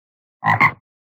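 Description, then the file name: Frog croak, a single rough double-pulsed call lasting under half a second, with no other sounds around it. "Animal Frog Croak"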